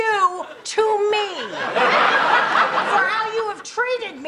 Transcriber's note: laughter